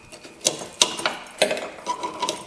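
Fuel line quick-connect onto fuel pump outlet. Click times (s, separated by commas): 0.8 s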